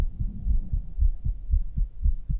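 A rapid heartbeat thumps in low, muffled pulses, about eight or nine beats in a couple of seconds, steady and insistent over a soft rumbling background.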